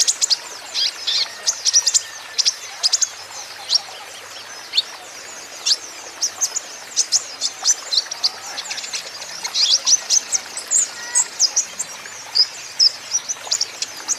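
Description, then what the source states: Van Hasselt's sunbird giving a long series of thin, high-pitched chips and twittering trills, irregularly spaced, over a constant soft hiss. Steady continuous 'gacor' singing, a 'konin ijoan', used as a lure and as therapy to get untrained birds to answer back.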